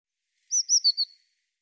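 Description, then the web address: Eurasian blue tit call: four quick, thin, high notes, the first two rising and falling, the last two slightly lower, over in under a second; no other sounds. Recorded in 2025; the audio was cleaned and normalized. "cianscape birddata Deverinetal 2025 File cleaned normalized Bird Cy Ca"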